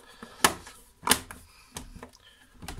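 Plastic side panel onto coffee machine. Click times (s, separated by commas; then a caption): 0.4 s. The plastic side panel bearing the Nespresso logo, logo side down, is pushed back onto a Nespresso Pixie XN304 / EN124 coffee machine and clicks into place with a sharp snap at 0.4 s. A second loud click follows at 1.1 s, then softer knocks at about 1.3, 1.8, 2.0 and 2.7 s. The panel is seated.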